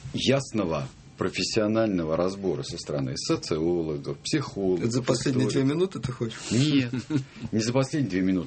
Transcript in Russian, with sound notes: ясного профессионального разбора со стороны социологов, психологов.
Это за последние 2 минуты ты хочешь? (смеется)
Нет. Не за последние минуты.